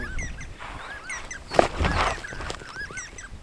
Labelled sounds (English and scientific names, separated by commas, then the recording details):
Superb Starling (Lamprotornis superbus) flight call
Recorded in Kenya